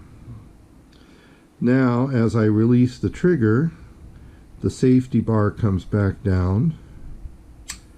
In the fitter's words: and the disconnector then pops back up. And you could hear the click.